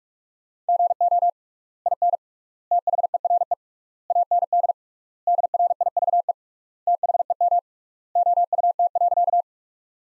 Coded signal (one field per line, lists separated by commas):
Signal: Morse code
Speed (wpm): 47 wpm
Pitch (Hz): 700 Hz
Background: none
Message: GO IN THERE AND DRIVE THEM OUT.